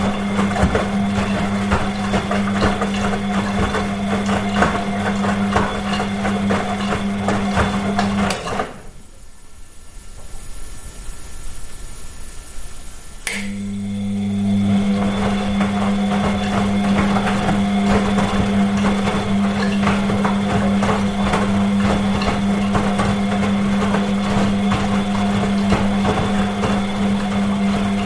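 A washing machine runs with a steady low hum and a dense layer of rattling and swishing on top. Around nine seconds the motor drops out, leaving a quieter, softer stretch, and at about thirteen seconds the hum and churning start up again and continue evenly.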